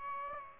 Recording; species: mosquito wingbeat signal from an infrared sensor; Aedes aegypti